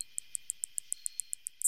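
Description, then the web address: Cricket ticking: faint, sharp, very high clicks repeated steadily about seven times a second over a thin, continuous high hum. "cricket sounds Cricket Crawl Mix"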